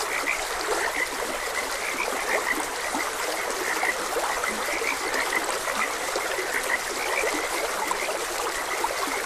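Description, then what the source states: Frogs croaking, short bright notes repeated in a chorus over a steady rush of flowing water. Frogs croaking beside a gentle stream.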